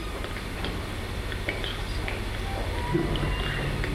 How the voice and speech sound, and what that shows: Adult members of the KE family from this second generation. She asks the lady to repeat different words five times. And she's going to ask them to repeat the word catastrophe. She's having a great trouble repeating the word catastrophe. This trait that she has is something that it's called childhood apraxia of speech.